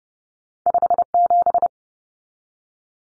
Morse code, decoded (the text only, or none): 57